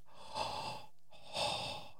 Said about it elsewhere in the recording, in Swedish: Jag hade så jävla täppt i näsan. Det är så jävla mycket pollen. När näsan är så täppt, öppnas i munnen. Och då lät det så här. När jag andades. Det blev så högljutt.